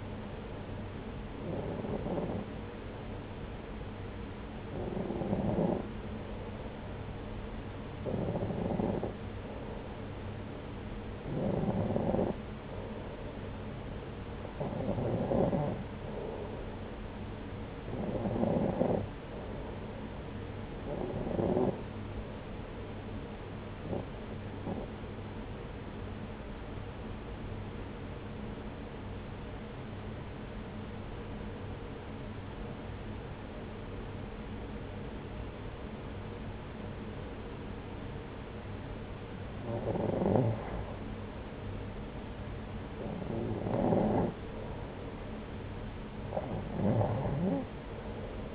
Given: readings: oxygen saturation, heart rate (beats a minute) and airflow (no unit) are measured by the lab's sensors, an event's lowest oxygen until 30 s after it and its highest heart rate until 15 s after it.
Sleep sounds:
breathing in sleep by a voice recorder at the bedside; 1
8.00-48.55 s: new sleep stage, REM sleep
24.00-42.00 s: hypopnea (REM, oxygen 93% highest, then 90% lowest)
From the record:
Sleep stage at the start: N2 (light sleep); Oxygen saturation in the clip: 92 to 94%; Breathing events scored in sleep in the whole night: 303 in 8.1 hours asleep

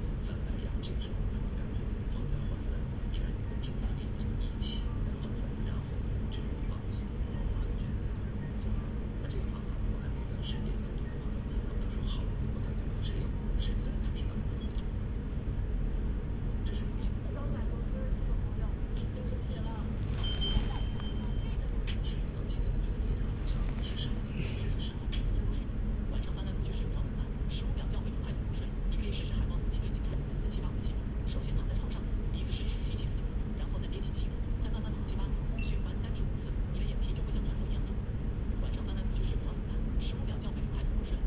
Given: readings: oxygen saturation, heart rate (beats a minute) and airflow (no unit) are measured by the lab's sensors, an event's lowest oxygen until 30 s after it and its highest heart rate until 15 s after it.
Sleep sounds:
a person awake in a sleep study, by a smartphone at the bedside; none
0.00-41.27 s: awake
From the record:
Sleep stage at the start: awake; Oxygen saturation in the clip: 94 to 96%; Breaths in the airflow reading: 10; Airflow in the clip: -2.5 to 3.6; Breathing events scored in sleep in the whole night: 335 in 6.7 hours asleep

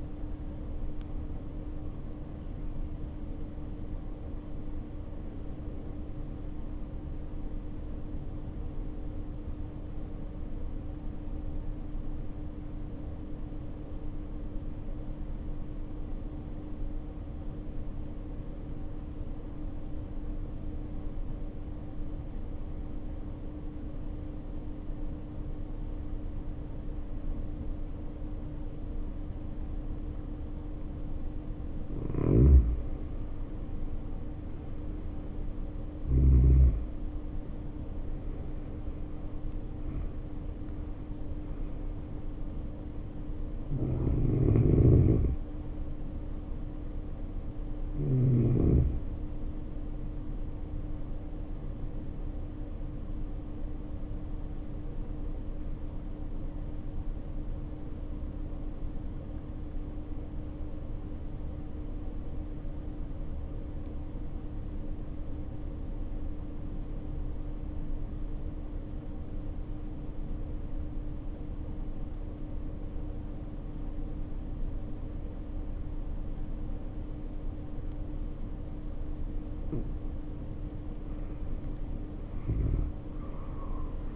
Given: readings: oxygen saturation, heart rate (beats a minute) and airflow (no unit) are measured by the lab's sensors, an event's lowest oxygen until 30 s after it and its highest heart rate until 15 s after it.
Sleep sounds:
breathing in sleep by a smartphone at the bedside; 2
8.00-30.50 s: hypopnea (N2, oxygen 95% highest, then 80% lowest, heart rate 62 at the start, 66 highest)
48.00-78.00 s: hypopnea (N2, oxygen 95% highest, then 79% lowest, heart rate 55 at the start, 64 highest)
From the record:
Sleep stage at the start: N2 (light sleep); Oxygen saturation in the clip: 80 to 95%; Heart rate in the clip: 50 to 66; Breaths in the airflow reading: 22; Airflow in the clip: -3.2 to 3.3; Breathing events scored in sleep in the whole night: 520 in 7.2 hours asleep

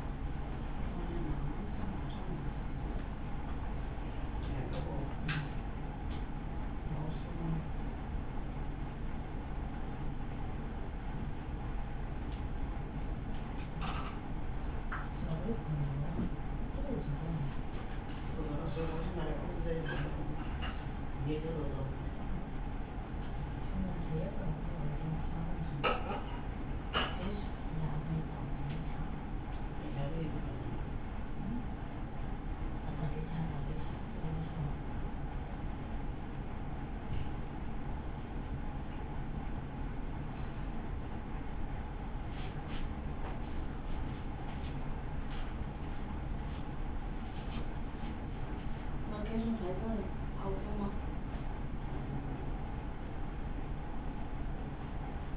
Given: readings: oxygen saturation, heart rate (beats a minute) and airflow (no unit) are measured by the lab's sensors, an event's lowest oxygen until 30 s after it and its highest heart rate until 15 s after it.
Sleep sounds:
a person awake in a sleep study, by a smartphone at the bedside; none
0.00-55.36 s: awake
0.00-55.36 s: awake
From the record:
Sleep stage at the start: awake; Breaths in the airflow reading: 22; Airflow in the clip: -0.7 to 0.7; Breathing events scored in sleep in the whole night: 328 in 6.3 hours asleep

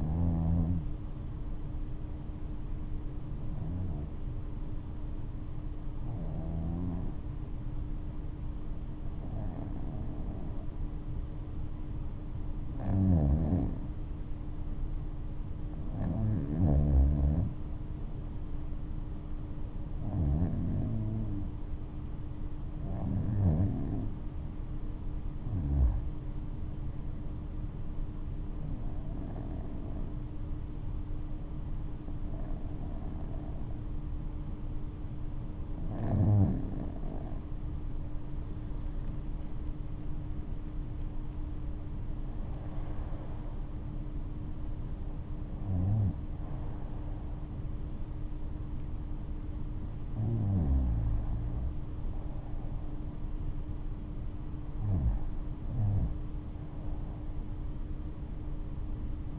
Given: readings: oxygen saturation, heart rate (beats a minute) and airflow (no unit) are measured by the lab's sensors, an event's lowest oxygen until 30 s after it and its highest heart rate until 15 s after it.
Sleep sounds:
breathing in sleep by a smartphone at the bedside; 1
3.00-36.20 s: hypopnea (REM, oxygen 95% highest, then 88% lowest, heart rate 71 at the start, 81 highest)
From the record:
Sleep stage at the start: REM sleep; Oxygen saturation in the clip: 88 to 95%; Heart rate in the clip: 60 to 81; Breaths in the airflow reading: 13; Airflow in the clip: -10.9 to 10.7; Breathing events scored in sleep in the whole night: 228 in 5.4 hours asleep

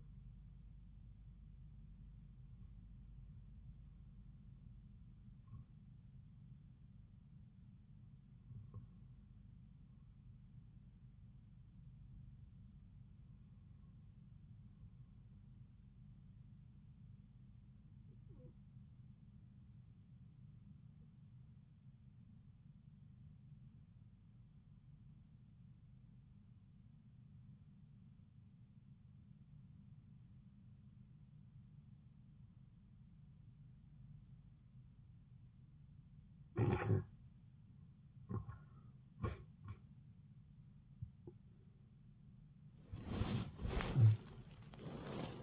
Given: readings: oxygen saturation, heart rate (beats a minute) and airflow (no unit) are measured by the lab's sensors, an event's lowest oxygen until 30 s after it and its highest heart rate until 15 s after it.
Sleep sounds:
breathing in sleep by a smartphone at the bedside; 1
25.00-39.10 s: obstructive apnea (N2, oxygen 95% highest, then 90% lowest)
From the record:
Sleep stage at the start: N2 (light sleep); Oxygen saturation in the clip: 91 to 95%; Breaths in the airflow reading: 7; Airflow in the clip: -9.8 to 12.9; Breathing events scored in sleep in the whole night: 270 in 6.1 hours asleep

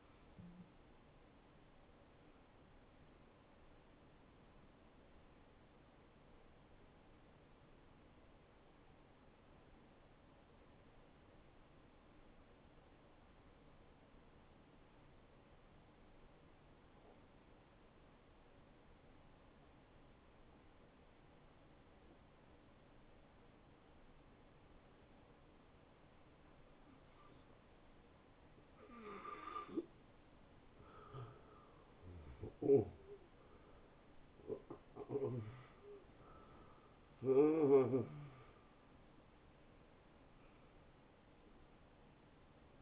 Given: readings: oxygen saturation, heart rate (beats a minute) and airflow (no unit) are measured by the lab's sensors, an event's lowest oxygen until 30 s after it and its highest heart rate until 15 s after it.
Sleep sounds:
breathing in sleep by a voice recorder at the bedside; 1
5.00-31.50 s: hypopnea (N1, oxygen 92% highest, then 83% lowest)
From the record:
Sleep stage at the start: N1 (lightest sleep); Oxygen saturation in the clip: 76 to 92%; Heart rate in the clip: 71 to 85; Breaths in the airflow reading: 4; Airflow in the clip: -21.5 to 9.3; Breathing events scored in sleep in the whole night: 263 in 5.5 hours asleep

